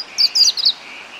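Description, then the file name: European robin giving a short burst of high, tinkling, twittering notes in three quick clusters. "Erithacus rubecula"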